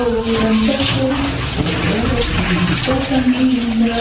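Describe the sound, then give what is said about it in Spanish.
Steady running water pours continuously while an elderly grandmother is being bathed, a broad hissing wash with faint splashing and a few soft tonal hums underneath. “Baño a la yaya.”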